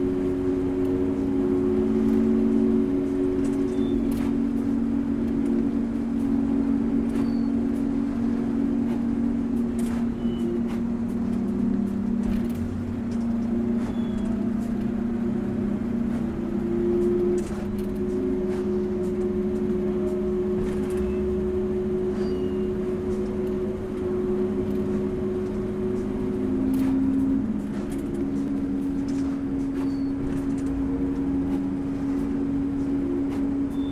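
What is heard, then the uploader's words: A steady, loud engine drone fills the rear of an overland truck, low tones shifting slightly, with frequent rattles and clanks throughout. This piece has been created using a recording that I captured whilst transiting in the rear of an over-landing truck between Delhi and Kathmandu sometime in 2012. The somewhat sonorous nature of the sticking gear box whist we climbed up the foothills towards Kathmandu is what I have incorporated and elaborated upon to create the piece.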